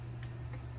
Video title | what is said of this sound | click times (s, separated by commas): Nintendo switch unboxing | you gotta hear a click if you guys heard that | 0.2 s